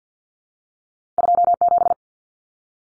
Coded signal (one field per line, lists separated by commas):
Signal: Morse code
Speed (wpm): 48 wpm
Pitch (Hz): 700 Hz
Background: none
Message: 27